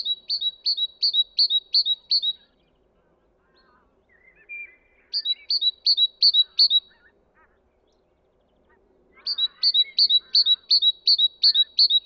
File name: Parus major